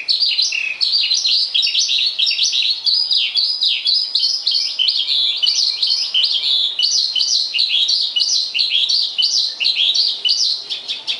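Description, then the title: Javan bush lark song: sustained, energetic stream of high chirping and dropping notes, dense and unbroken for the whole stretch. "Suara Burung Branjangan"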